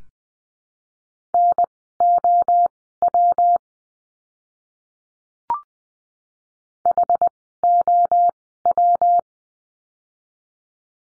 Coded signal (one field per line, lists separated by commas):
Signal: Morse code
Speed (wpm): 20 wpm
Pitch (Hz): 700 Hz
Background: none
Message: NOW HOW